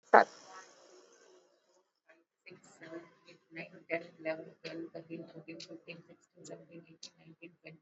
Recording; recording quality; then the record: counting at a normal pace; poor, much background noise or distortion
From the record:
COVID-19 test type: RT-PCR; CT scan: not taken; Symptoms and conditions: cough, cold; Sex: female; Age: 58 years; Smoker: no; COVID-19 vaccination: both doses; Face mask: worn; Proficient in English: yes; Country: India